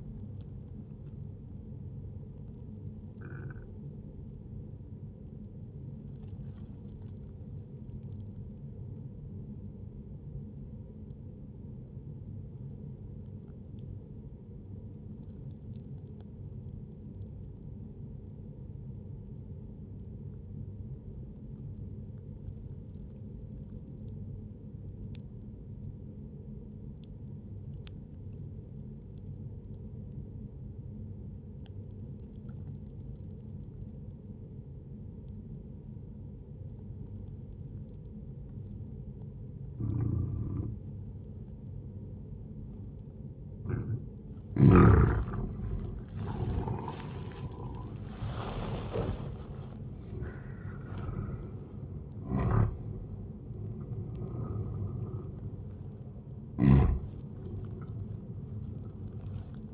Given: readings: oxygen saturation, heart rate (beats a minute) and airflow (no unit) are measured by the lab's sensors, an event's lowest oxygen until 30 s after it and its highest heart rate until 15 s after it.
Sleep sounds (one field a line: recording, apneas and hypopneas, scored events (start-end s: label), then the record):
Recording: breathing in sleep by a smartphone at the bedside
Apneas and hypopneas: 1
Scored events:
8.00-41.20 s: obstructive apnea (N1, oxygen 97% highest, then 94% lowest, heart rate 69 at the start, 80 highest)
From the record:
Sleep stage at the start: N1 (lightest sleep)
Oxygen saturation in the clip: 92 to 97%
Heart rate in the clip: 60 to 80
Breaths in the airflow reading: 6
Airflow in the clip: -13.2 to 13.0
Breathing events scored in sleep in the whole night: 131 in 7.2 hours asleep